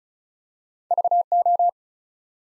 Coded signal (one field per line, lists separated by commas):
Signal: Morse code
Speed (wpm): 36 wpm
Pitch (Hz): 700 Hz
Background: none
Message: VO